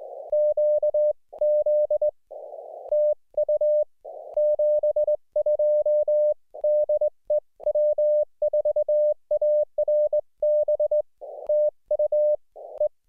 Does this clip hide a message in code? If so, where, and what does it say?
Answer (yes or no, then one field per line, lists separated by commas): yes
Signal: Morse code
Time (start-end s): 0.3-12.9 s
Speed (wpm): 21 wpm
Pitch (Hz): 600 Hz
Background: none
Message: QZ TU 72 DE W4ARB TU E